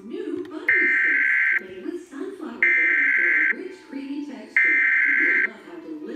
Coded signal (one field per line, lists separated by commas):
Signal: Emergency Alert System (SAME) tones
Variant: header bursts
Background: speech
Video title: EAS #141 Severe Thunderstorm Watch